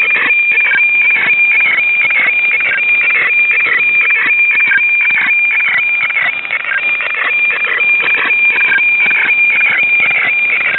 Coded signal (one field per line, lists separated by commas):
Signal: weather fax (radiofax)